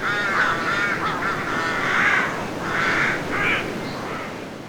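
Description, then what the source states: Rooks giving hoarse cawing calls, drawn-out and overlapping, rising and falling in loudness against a soft hissing background. Nesting rooks.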